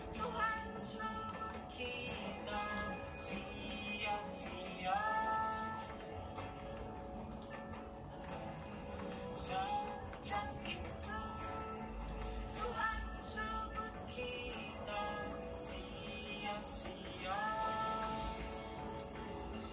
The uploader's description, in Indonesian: Rintik hujan, keyboard, backsound lagu